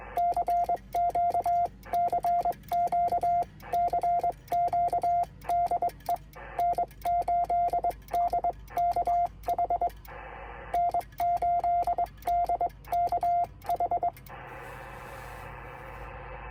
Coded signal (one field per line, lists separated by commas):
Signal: Morse code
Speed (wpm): 22 wpm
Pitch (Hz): 700 Hz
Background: radio noise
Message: CQ CQ CQ DE N8DKH N8DKH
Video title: Unsuccessful QSO (contact) attempt on 15 m via CW